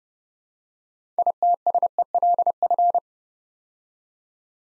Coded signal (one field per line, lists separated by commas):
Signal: Morse code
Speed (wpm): 30 wpm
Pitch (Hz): 700 Hz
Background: none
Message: ITSELF